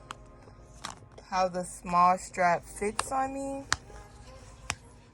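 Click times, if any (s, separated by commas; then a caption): 4.7 s. The second half of a small band is slid into the slot of an Apple Watch Series 6 40mm case while someone talks, with a few faint taps early on. A sharp click at 4.7 s marks that band half clipping into place and seating in the case.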